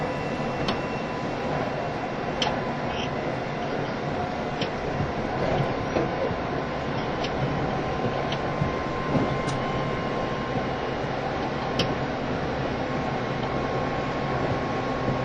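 A JR East E351 series tilting train, running as a Super Azusa express, rumbles along in a steady, dense roar heavy in the lows and mids. Faint continuous tones hum underneath, and brief sharp clicks or squeaks break through every second or two.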